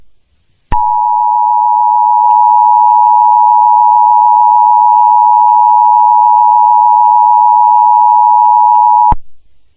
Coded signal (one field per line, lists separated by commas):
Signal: Emergency Alert System (SAME) tones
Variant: 853 and 960 Hz attention tone